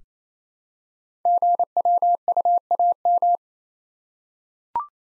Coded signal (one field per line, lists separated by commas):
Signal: Morse code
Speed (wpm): 29 wpm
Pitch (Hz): 700 Hz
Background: none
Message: GWUAM